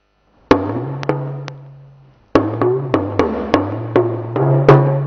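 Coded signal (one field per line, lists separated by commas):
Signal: talking drum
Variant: Yoruba dundun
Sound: two phrases of resonant drum strokes with low humming pitch that steps and bends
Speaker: I am just appreciating God that the way we want the thing to be, the way we expected it to be, exactly that is how the thing is.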